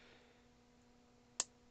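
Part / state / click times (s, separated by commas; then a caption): mainspring barrel cover on watch barrel / released / 1.4 s. Strong tweezers press down on the mainspring barrel of a Ricoh Automatic 909 watch movement to free the small metal barrel cover (arbor lid). After quiet background hum, a single sharp, loud click sounds at 1.4 s as the cover releases.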